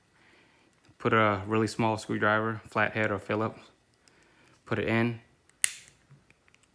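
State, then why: Released. A small flat-head screwdriver is pushed into the plastic seat belt guide clip on the rear seat back of a 2001–2005 Lexus IS300 to release its catch while someone talks. A sharp, loud snap at 5.6 s marks the clip clicking open and releasing.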